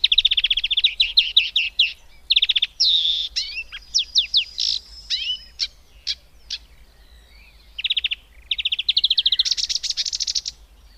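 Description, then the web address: Marsh warbler song: an energetic stream of rapid trills, buzzes, scratchy notes and sweeping whistles, broken by short pauses, then a dense burst of high chatter. "Madardalok - Énekes nádiposzáta"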